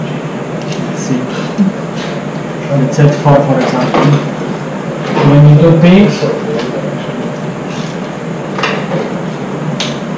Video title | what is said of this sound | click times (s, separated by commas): RideNow Shanghai mini Lecture “Let’s Talk Mechanics” | you see them, you hear the click? Means that you reach the torque that you set on | 8.6 s